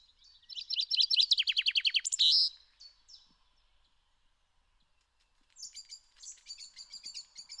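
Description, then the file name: Common chaffinch song, a loud run of falling notes closing with a flourish, then a pause and a higher, broken series of thin notes near the end. "Fringilla coelebs"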